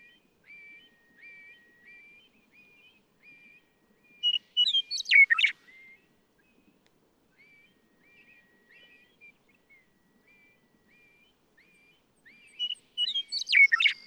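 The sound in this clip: Western meadowlark song: two loud, fluty phrases of whistles that break into a rapid gurgling jumble, about eight seconds apart, over soft high chirps and a thin steady tone.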